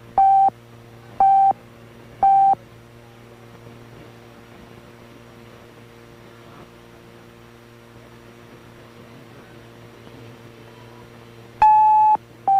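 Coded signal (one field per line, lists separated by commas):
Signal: radio time signal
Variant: NRC Canada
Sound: three short high pips one second apart, about nine seconds' silence, then longer tones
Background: low mains hum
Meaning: The final long tone marks the exact start of the hour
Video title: The National Research Council Time Signal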